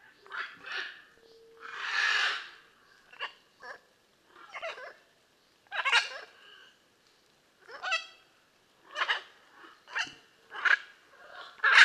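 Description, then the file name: Blue-and-yellow macaw screeching repeatedly: raucous, grating squawks coming in quick irregular succession, one drawn-out harsh call near the start. "Blue and yellow Macaw Ara ararauna"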